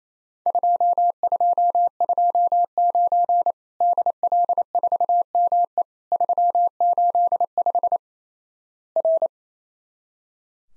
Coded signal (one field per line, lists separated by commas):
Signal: Morse code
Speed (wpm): 27 wpm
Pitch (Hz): 700 Hz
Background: none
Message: 2229 DL4ME 385 R